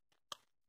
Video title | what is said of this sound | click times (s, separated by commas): Cambio de bujias ( spark plugs) Chevrolet impala 2006-2011 proceso completo | Ahí está el clic. | 0.3 s